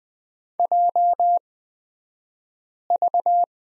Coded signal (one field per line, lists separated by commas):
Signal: Morse code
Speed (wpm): 20 wpm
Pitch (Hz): 700 Hz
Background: none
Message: JV